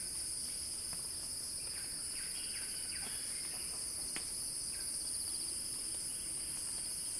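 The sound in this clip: Cicada chorus buzzing continuously at high pitch, overlaid by a few short, lower chirping notes and a single sharp click.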